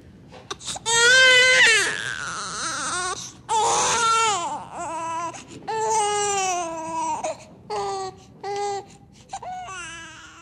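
A baby cries in several long, strained bursts with short gasping pauses between them. The pitch is high and wavering. It is ordinary baby crying.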